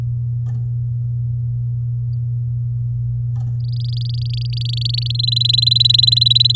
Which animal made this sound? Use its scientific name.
Serinus canaria